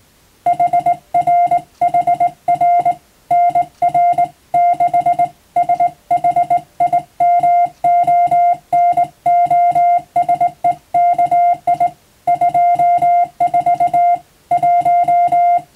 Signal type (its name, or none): Morse code